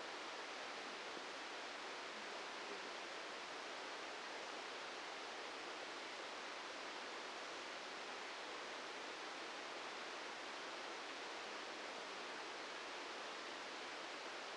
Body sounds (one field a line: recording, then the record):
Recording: brain microelectrode recording played as sound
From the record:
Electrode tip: outside the subthalamic nucleus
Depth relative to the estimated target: 2 mm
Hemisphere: right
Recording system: NeuroSet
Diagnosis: Parkinson's disease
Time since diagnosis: 13 years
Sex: male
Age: 66 years